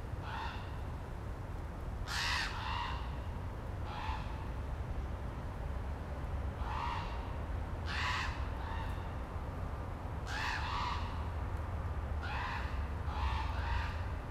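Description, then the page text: Common raven giving harsh croaking calls, about ten in uneven series, some doubled, over steady low rumbling background noise. Maryland, United States. "Maryland Biodiversity. Common Raven ( Corvus corax )"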